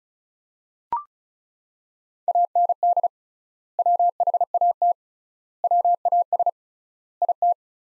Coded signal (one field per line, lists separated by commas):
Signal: Morse code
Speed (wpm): 36 wpm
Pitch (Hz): 700 Hz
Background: none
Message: AND WHAT WAS IT